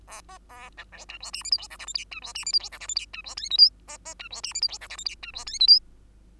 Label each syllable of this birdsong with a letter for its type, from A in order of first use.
A B A C D E F G H I J K L M N E F G H I J K L M N E F O P Q B B E F G H I J K L M N E F O P Q